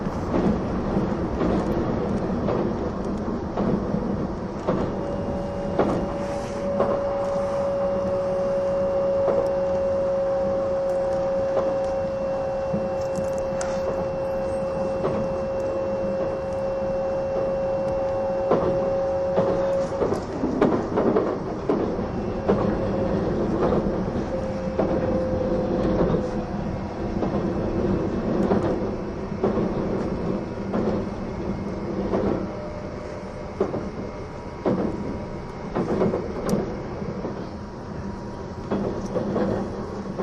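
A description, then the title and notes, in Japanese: Running sound of the E261 series Saphir Odoriko No. 1 train: a dense, steady rumble with frequent clicks and knocks from the wheels throughout. A clear whining tone holds from about 5 to 20 seconds, returning briefly near 25 seconds. E261系 S踊り子01号02 熱海～伊豆急下田。伊豆への新たなフラッグシップトレインとなる、E261系S踊り子01号を収録したものです。走行音。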